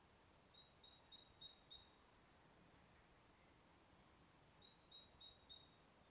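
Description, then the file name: Great tit calling with two short bursts of rapid, thin, high two-pitched notes, a pause of about three seconds between them, against a soft, steady background hiss. "Parus major"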